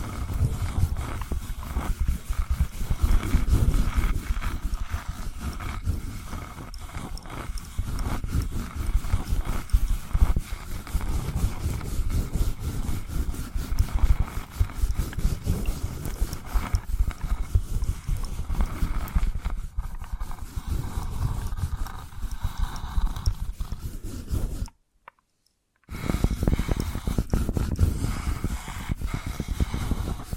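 Dense, uneven tapping and scratching run through the whole stretch, with rapid irregular knocks over a steady rough, low-heavy rustle. A few louder taps stand out near 4, 10 and 14 seconds. Everything drops to silence for about a second around 25 seconds, then resumes.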